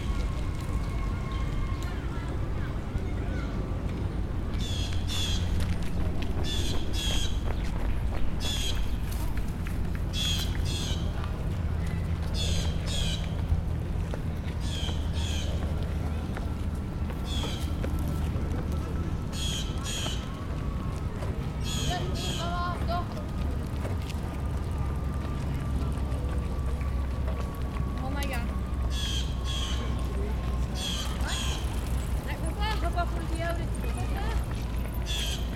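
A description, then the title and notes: Park ambience with a steady low city rumble, murmuring voices, and bright chirping bird calls bursting every few seconds throughout. New York City Central Park Ambience with Footsteps Bikes.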